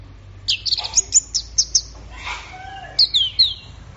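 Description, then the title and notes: Orange-headed thrush singing a fast run of high, clipped notes, then a few sweeping whistled phrases. Bird in full, energetic song (gacor). "Anis Merah Gacor Teler. Kumpulan Suara Burung Anis"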